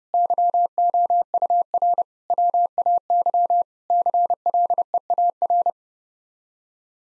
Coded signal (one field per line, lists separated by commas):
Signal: Morse code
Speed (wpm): 30 wpm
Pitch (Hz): 700 Hz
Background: none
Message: YOUR WAY CLEAR